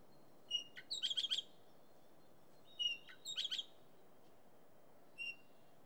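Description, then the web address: Red-rumped parrot calls: a clear whistled note leads into a rapid burst of several high chirps, repeated once, then a short closing whistle. "BBC Sound Effects Library. Red Rumped Parakeet"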